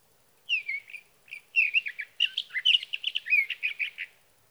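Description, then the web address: Sage thrasher song of quick slurred whistles and warbled notes, a few separate phrases building into a dense jumbled run. "birdsongforthecurious Sage Thrasher"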